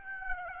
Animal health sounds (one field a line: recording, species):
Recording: mosquito wingbeat signal from an infrared sensor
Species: Aedes aegypti